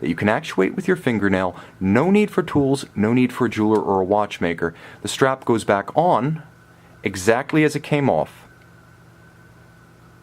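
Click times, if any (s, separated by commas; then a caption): none. Someone talks while the quick-release strap of an IWC Aquatimer Chronograph Edition Expedition Charles Darwin watch is hooked onto the case lug bar and lined up, ready to be rotated in. Nothing has seated or clicked yet. After the talking stops, only a faint steady hum remains.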